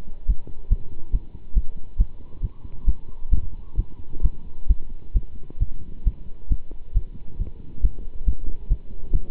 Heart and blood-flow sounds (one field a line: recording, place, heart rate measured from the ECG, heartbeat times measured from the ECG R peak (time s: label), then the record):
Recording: heart sounds by stethoscope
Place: between the tricuspid and mitral areas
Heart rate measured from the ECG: 136 bpm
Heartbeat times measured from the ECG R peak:
0.27 s: heartbeat
0.69 s: heartbeat
1.12 s: heartbeat
1.54 s: heartbeat
1.97 s: heartbeat
2.41 s: heartbeat
2.86 s: heartbeat
3.30 s: heartbeat
3.76 s: heartbeat
4.22 s: heartbeat
4.67 s: heartbeat
5.13 s: heartbeat
5.59 s: heartbeat
6.04 s: heartbeat
6.48 s: heartbeat
6.93 s: heartbeat
7.38 s: heartbeat
7.81 s: heartbeat
8.25 s: heartbeat
8.69 s: heartbeat
9.12 s: heartbeat
From the record:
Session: pedaling a stationary bicycle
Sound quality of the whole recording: good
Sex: male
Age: 27 years